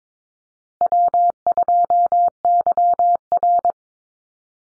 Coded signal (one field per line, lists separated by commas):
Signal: Morse code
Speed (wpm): 22 wpm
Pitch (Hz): 700 Hz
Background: none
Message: W2YR